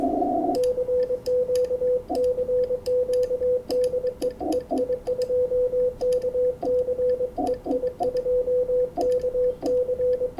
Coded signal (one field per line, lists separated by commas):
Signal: Morse code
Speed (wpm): 24 wpm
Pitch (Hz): 500 Hz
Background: radio noise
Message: CQ CQ DE EI2KC EI2KC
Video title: Bird's eye view working W3EP and VE3FJ on 20 metres CW